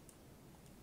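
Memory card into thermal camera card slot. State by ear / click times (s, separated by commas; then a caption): not seated / none. A memory card is being handled at the card slot of a UNI-T UTI89 PRO handheld thermal imaging camera, with faint light ticks, a brief one near 0.1 s and another near 0.7 s, over a low steady background hum. Nothing has seated or clicked into the slot yet.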